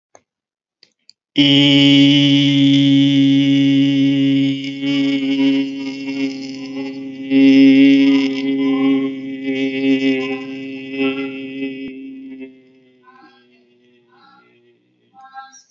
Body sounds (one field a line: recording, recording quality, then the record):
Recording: sustained vowel as in beet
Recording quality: excellent, no background noise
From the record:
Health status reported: respiratory illness, not identified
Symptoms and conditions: asthma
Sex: male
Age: 48 years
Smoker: not ticked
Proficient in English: yes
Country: India